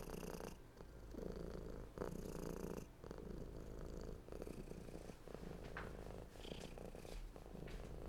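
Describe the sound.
Domestic cat purr, a softer low rumble with a few short breaks.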